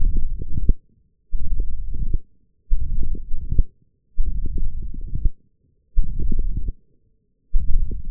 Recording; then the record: forearm muscle sounds (acoustic myography)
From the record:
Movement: forearm pronation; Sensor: system 1, eight BSWA MPA416 microphones around the upper forearm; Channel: 5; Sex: male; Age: 21 years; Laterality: right